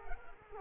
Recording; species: mosquito wingbeat signal from an infrared sensor; Culex quinquefasciatus